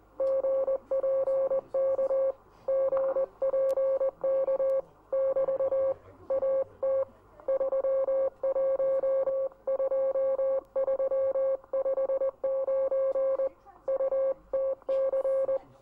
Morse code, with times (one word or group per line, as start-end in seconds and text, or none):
0.2-2.3 GPK
2.7-4.8 GPK
5.1-5.9 <BT>
6.3-7.0 AT
7.5-13.5 312359
13.9-15.6 UTC